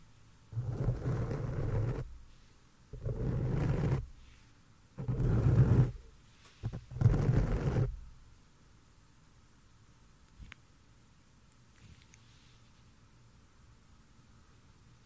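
Mic touching and hand movements come in four rubbing, muffled bursts over the first eight seconds, each about a second long and heavy in the low end. After that it goes nearly quiet, with one sharp tap near ten seconds and faint soft rustles around twelve.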